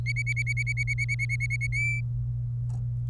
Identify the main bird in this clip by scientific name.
Serinus canaria